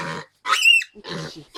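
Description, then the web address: Piglet giving a short, sharp squeal between rough, breathy grunts. "maialino"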